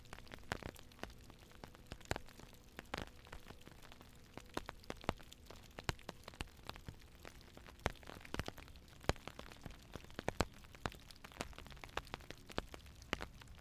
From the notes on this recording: calming melodies and the rhythmic tap of raindrops on a tin roof